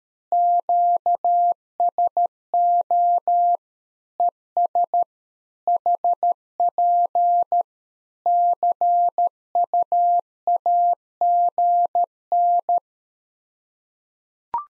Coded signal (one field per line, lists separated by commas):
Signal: Morse code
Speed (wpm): 13 wpm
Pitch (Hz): 700 Hz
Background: none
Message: QSO ES HP CUAGN